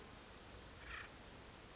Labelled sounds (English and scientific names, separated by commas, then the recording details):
Acorn Woodpecker (Melanerpes formicivorus)
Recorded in Sonoma County, California